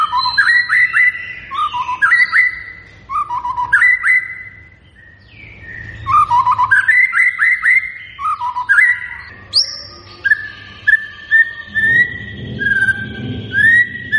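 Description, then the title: White-rumped shama singing bursts of quick mellow whistles, then longer sustained and slurred whistled notes in the second half. Lure recording of a vigorously singing white-rumped shama, meant to make birds respond. "PANCINGAN MURAI BATU GACOR"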